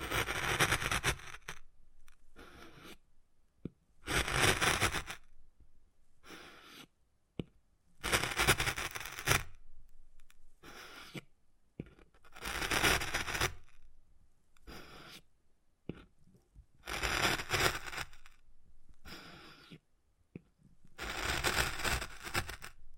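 Wood carving with bursts of scraping and scratching, each lasting about a second, coming roughly every two to three seconds with near silence between. The strokes are rough and bright, swelling and fading, with sharp taps and cracks scattered among them.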